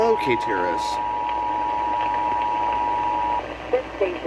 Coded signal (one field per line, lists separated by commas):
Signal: Emergency Alert System (SAME) tones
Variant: 853 and 960 Hz attention tone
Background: speech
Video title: Champaign Rain | EAS Alerts From 9/7-8/2021 (EAS #925-940)